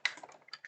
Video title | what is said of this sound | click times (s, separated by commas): Building our FULL Optimus Model with Wayne Green | And that's in there like that. You heard that click clip into place. | 0.1 s